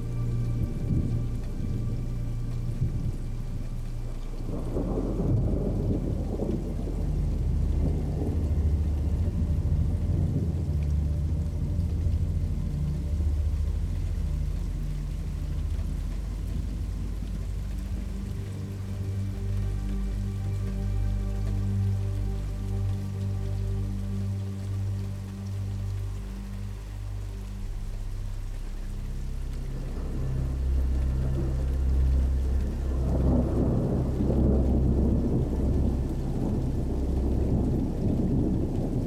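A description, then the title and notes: Rain and thunder: a deep, rolling rumble fills the low end throughout, swelling around 5 to 12 seconds and again after 30 seconds. Between these, near 18 to 28 seconds, a steadier humming drone holds, with a soft hiss of rain over everything. Rain and Thunder Sounds for Sleep Meditation.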